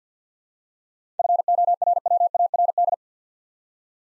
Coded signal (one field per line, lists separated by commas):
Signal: Morse code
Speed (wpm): 52 wpm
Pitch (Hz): 700 Hz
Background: none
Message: FORWARD